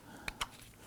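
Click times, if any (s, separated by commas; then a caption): none. A master power window switch for a 2015-2024 Nissan Murano is handled and lined up with the plastic door trim bezel, producing two brief, sharp handling taps at about 0.3 s and 0.4 s over a quiet background. Nothing has seated or clicked into place yet.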